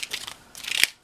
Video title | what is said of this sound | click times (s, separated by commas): the broken doll -- Update and a haul | oh there's our click | 0.8 s